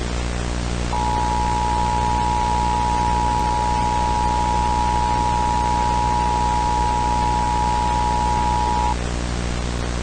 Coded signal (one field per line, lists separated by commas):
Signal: Emergency Alert System (SAME) tones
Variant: 853 and 960 Hz attention tone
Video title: EAS Scenario: Severe Thunderstorm Warning [03/26/26]